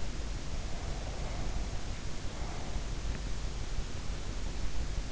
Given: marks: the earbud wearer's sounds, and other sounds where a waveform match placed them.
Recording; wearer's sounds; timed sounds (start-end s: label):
sounds in sleep by an in-ear microphone; breath
0.29-3.10 s: breath